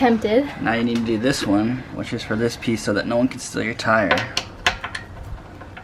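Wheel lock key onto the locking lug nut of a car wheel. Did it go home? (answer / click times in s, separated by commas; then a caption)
yes / 4.7 s. A metal wheel lock key is turned against the locking lug nut on a car wheel until its pattern engages, while someone talks. A loud metallic click at 4.7 s marks the key seating onto the lug nut, followed by a few smaller metallic taps.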